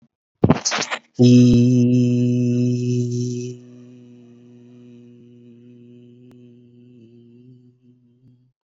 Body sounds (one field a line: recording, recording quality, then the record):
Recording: sustained vowel as in beet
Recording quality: excellent, no background noise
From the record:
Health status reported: healthy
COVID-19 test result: negative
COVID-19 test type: RT-PCR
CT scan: not taken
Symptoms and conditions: cold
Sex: male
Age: 28 years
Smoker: no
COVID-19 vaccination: none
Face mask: not worn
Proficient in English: yes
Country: India